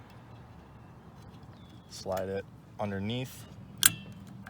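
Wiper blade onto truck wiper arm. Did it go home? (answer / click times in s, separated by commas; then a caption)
yes / 3.9 s. Someone talks while a new wiper blade is slid onto the hook of a 2009–2019+ Ram truck's wiper arm. At 3.9 s the plastic locking tab gives a sharp click as it snaps into place, and the blade is seated and locked on the arm.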